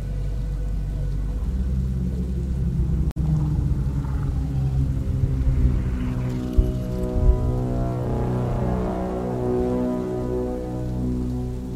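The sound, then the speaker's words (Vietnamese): A steady, dense roar of heavy rain pouring down, with a deep low rumble underneath and a few brief louder thumps, continuous and without any voices. “Bên ngoài mưa rơi như thác đổ, vì vậy ngoài tiếng mưa ra, căn bản không còn nghe thấy gì.”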